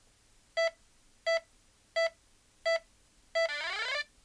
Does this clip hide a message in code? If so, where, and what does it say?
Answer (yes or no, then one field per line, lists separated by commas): no